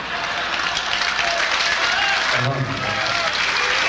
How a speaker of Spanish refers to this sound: Además, me encanta ver cómo nada más aplauden los señores.